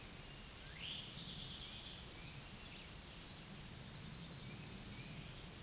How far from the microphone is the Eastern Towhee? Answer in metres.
about 55 m